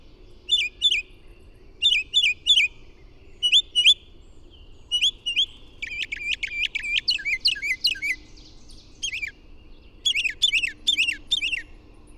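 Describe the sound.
Bird song in short bursts of a few high chirped notes, then a fast run of rapidly repeated notes, followed by more chirps.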